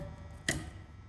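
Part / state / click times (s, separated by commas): wiper blade onto windshield wiper arm / seated / 0.5 s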